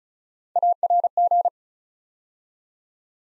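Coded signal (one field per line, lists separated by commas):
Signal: Morse code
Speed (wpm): 36 wpm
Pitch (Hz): 700 Hz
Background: none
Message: ARG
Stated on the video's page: Morse Code practice drill at 35 wpm building 8-letter words three letters at a time, for instant character recognition training.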